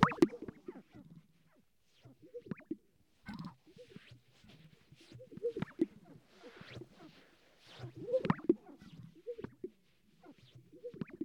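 Sage-grouse display: repeated low popping, plopping and bubbling sounds at irregular intervals, with soft swishing noises in between.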